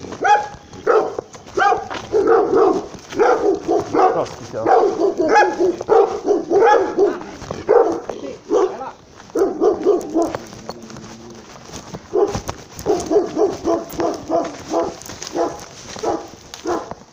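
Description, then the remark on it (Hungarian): A small dog barks and whimpers almost nonstop, with rapid high-pitched yips and whiny cries in dense bursts, easing briefly midway before the yapping picks up again. “Kis kutya.”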